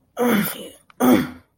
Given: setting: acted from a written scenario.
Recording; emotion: vocal sound without words; anger